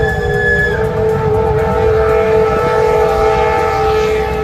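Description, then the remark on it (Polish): A steam locomotive thunders past at full power on one of several runs in both directions at a parade in Wolsztyn, its heavy low rumble steady and loud, while a sustained, multi-toned whistle sounds over it for the whole stretch. No voices. “Lokomotywy wykonują kilka przejazdów z pełną mocą w obie strony w różnych konfiguracjach i trzeba przyznać, że robi to piorunujące wrażenie.”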